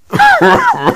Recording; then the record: coughing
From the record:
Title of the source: Heavy cold and sore throat coughing.